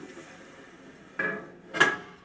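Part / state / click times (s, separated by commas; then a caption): two-post lift carriage safety lock on the column ladder lock / seated / 1.2 s, 1.8 s. The steel collar carriage of an Advantage Lifts two-post lift is raised by hand until its spring-loaded safety lock drops onto the first ladder-lock notch on the column. After quiet low rumbling, a sharp metallic click comes at 1.2 s and a brighter, louder click at 1.8 s. The safety lock is seated on the first lock.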